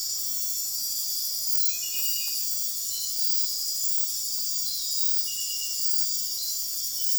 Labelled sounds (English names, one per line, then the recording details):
none
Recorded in dense forest near Puerto Asís, Putumayo, Colombia, on 21 February 2024 at 04:30
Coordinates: 0.502, -76.326
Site G6460